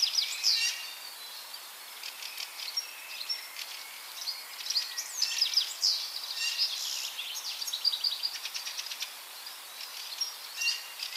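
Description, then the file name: European goldfinch twittering, a busy run of bright, high chirps and tinkling notes, closely packed and overlapping, against a soft background hiss. "Carduelis carduelis"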